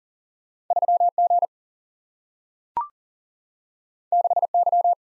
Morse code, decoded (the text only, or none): 3 G 6 Y